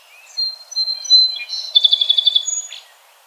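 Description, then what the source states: Song sparrow song with sweet whistled opening notes, a brief buzzy phrase, then a quick rattled trill and a final short burry note, with faint background noise. 17 June 2007.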